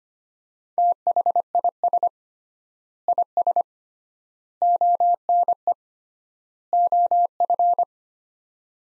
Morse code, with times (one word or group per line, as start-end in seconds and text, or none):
0.8-2.1 THIS
3.1-3.6 IS
4.6-5.7 ONE
6.7-7.8 OF